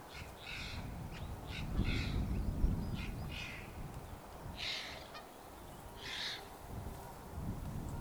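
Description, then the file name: Eurasian jay, harsh rasping screeches given in short bursts throughout, some doubled, over a low background rumble. "Garrulus glandarius"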